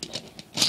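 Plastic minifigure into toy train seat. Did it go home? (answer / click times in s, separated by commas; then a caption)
no / none. A plastic minifigure is pushed a second time into the seat of a toy train, making short light taps at about 0.0, 0.2 and 0.4 seconds and then a louder, brighter patter from about 0.6 seconds to the end. The minifigure has not snapped into the seat, and no click is heard.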